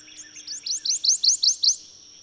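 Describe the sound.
Bird song: a quick crescendo of rising upslurred notes, roughly eight, delivered evenly before stopping abruptly, over a faint high hum.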